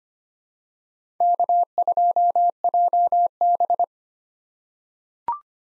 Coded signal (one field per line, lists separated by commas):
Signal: Morse code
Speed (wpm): 25 wpm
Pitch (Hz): 700 Hz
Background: none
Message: K2JB